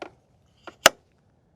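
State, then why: Seated. A hand pump is clipped back onto its mount on an e-bike frame. Two softer taps come at 0.0 s and 0.7 s, then a sharp, loud snap at 0.9 s as the pump seats onto the frame mount.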